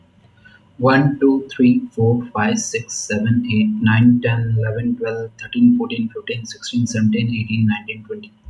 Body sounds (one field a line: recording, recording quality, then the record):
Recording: counting at a fast pace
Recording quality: excellent, no background noise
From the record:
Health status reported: healthy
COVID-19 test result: negative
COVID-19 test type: RT-PCR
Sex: male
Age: 22 years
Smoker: no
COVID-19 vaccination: one dose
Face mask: not worn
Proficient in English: yes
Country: India